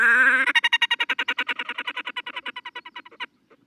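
Red-necked grebe giving a short nasal wail that breaks into a long, fast chattering trill, stopping after about three seconds.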